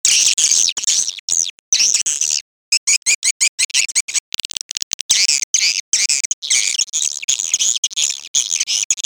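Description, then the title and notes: Swiftlet chatter, high twittering calls in broken, stuttering bursts with short silences between. Swiftlet sound from swiftlet farming in Asia. "Swiflet Bird Sound. Farming Swiflet Bird asia sound"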